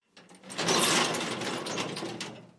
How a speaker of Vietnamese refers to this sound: Cửa sắt đóng lại, Triệu Ngọc đi vào phòng giam mới.